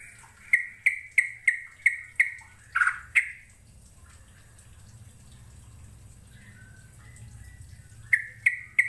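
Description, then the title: Bird calling in rapid runs of sharp, ringing notes with short tails, a harsher squawk in the middle, then quiet before another quick series at the end. "Kicau Burung"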